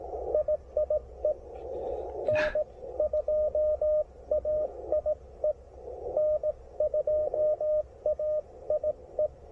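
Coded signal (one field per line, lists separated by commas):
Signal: Morse code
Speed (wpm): 16 wpm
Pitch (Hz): 600 Hz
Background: radio noise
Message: IIE N2AIE N2AIE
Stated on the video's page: CW POTA activation at a historic site with Icom IC-703 Plus, QRP, on 20 and 17 meters.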